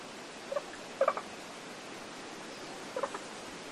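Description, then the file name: Scarlet-sided pobblebonk gives brief clucking notes in small bursts, a few spaced calls over constant breezy background noise. Close call recorded in spring in rainforest in Queensland, Australia, with wind in the tree canopy above. "nature rainforest ambience wind tree canopy above birds frogs scarlet sided pobblebonk call close spring qld australia"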